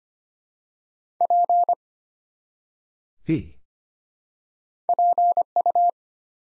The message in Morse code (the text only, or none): P PU